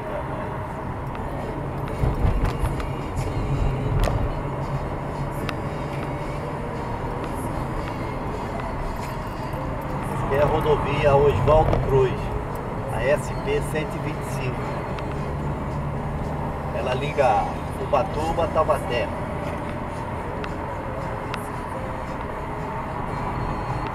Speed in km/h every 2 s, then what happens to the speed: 45, 47, 53, 54, 49, 46, 49, 49, 53, 56, 50, 46.
0-5 speeds up to 54. 5-9 slows to 46. 9-19 speeds up to 56. 19-24 slows to 46.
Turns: 0-3, 7-14.